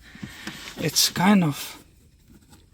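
A fitting on the side of a 12 V battery in a hybrid SUV is pushed in during installation, and a short, sharp click sounds at 0.5 s. Someone talks right after. The fitting clicks into place and is seated.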